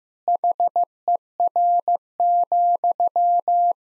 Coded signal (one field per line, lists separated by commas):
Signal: Morse code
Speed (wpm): 15 wpm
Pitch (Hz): 700 Hz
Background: none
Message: HER,